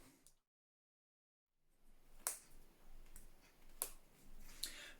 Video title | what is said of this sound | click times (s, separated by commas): Build the Ghostbusters Ecto-1 - Issue 39 ( Glove Box & Control Panel ) Speed Build | so guys when you do push it in you will hear a little click as it goes into position | 2.3 s, 3.8 s